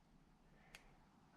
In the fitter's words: it's not too bad it just sort of pops into place